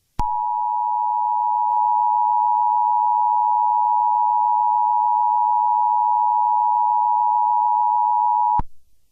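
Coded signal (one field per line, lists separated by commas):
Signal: Emergency Alert System (SAME) tones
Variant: 853 and 960 Hz attention tone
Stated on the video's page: Simulated EAS scenario.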